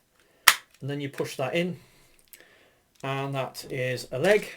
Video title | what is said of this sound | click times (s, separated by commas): Transforming Review #319 Metal Cardbot S Blastrain | you slide this up till it locks into place, | 0.5 s